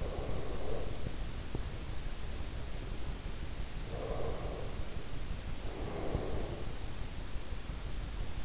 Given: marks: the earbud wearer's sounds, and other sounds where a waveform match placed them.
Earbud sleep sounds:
sounds in sleep by an in-ear microphone; breath
0.00-1.71 s: breath
3.88-6.83 s: breath

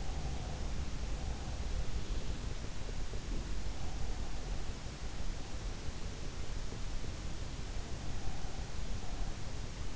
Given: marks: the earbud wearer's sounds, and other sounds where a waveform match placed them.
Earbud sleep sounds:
sounds in sleep by an in-ear microphone; breath
0.00-1.89 s: breath

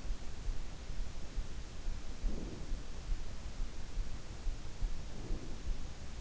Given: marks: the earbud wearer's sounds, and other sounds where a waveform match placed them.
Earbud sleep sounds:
sounds in sleep by an in-ear microphone; breath
1.96-2.87 s: breath
4.64-5.75 s: breath

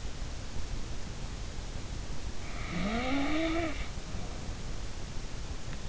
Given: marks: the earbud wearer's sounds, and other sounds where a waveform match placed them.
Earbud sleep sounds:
sounds in sleep by an in-ear microphone; snoring breath
2.58-4.84 s: snoring breath

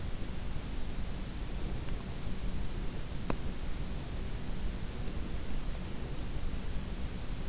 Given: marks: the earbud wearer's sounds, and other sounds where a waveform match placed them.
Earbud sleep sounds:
sounds in sleep by an in-ear microphone; teeth grinding
3.26-3.51 s: teeth grinding

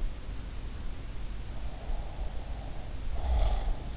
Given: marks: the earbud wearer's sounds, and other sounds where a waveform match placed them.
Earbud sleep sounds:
sounds in sleep by an in-ear microphone; snoring breath
1.64-3.77 s: snoring breath

